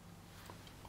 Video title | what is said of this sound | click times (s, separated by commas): SVINBILLIGA DUPES FÖR VIRALA PRODUKTER, ÄR DEM NÅGOT ATT HA? | nej Nu klickade ihop dem I'm sorry Det är jättesvårt att låta bli | 0.9 s